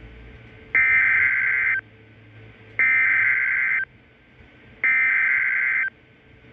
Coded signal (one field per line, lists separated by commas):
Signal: Emergency Alert System (SAME) tones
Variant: header bursts